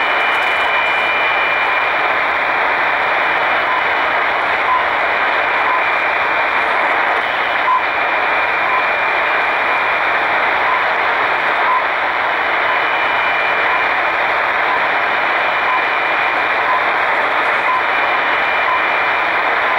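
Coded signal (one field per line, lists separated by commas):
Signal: radio time signal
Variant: RWM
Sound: short faint 1 kHz pips once a second, buried in loud hissing radio static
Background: radio static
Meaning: Each short pip marks one second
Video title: RWM Moscow time pips on 9996 khz Tecsun pl-600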